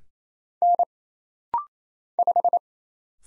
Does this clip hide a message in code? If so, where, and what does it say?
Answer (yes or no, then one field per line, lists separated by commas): yes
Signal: Morse code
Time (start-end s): 0.6-2.6 s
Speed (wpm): 27 wpm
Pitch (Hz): 700 Hz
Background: none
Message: N 5